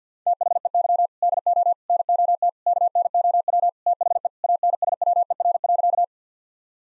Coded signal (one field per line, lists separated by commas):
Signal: Morse code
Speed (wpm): 50 wpm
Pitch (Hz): 700 Hz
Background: none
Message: THEY DO NOT KNOW THE ANSWER.